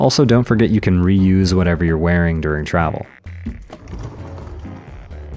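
Someone talks over music while handling the telescoping handle of an Amazon Basics 21-inch black hardside spinner suitcase, its handle housing drawing the handle out toward its fully extended, locked position. After the speech, a few light knocks and rattles are heard from about 3.3 s onward. The handle has not yet locked in place, and nothing has clicked or seated.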